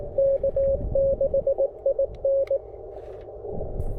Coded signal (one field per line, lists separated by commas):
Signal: Morse code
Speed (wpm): 19 wpm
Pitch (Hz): 590 Hz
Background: radio noise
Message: K6IN